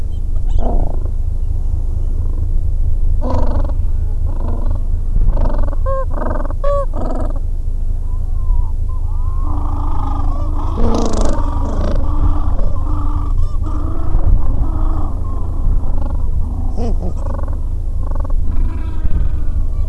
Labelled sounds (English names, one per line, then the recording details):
Gentoo Penguin
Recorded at the colony at Godthul, on 25 December 2014
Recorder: Song Meter SM2+